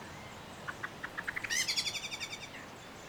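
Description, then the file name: Common blackbird chattering call: spaced clicking notes quicken into a rapid series of harsh, metallic chacks, fading over about a second. "Turdus merula"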